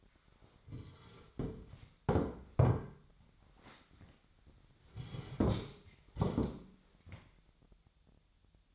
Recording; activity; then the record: daily activity, microphone in the room; sit down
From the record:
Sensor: 3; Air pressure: 1008.0 hPa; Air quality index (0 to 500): 191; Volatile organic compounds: 14 ppm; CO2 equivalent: 2447 ppm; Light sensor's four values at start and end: 12/29/12/12 and 12/29/12/12